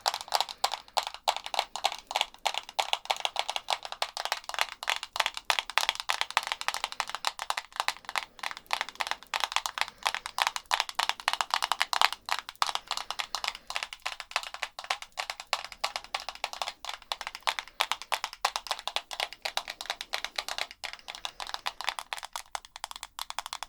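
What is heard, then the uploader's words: Dense, rapid tapping and scratching runs steadily for the whole stretch, bright, with thin sound and almost no low end. FAST TRIGGERS For Intense Tingles (Tapping, Scratching & NO Talking).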